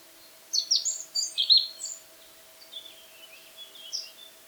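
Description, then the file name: Eurasian blackcap song: a quick burst of high, scratchy warbled notes, followed by a softer, thinner twittering phrase. "Sylvia atricapilla"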